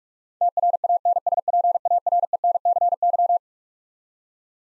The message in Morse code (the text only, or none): TRANSPARENCY